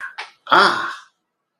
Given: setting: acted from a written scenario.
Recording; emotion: vocal sound without words; realization